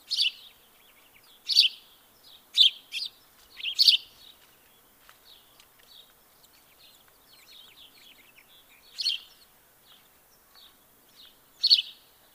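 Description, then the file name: House sparrow chirps in two bursts, several sharp notes close together, then a pause with faint twittering before two more loud chirps. "Passer domesticus"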